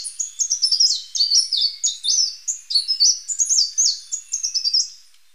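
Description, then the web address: Spectacled whitestart song, a rapid jumble of high, sweet chirps and slurred notes, continuous for five seconds. Recorded in Ecuador. "Natures Songs S America Birds of Ecuador Spectacled Whitestart"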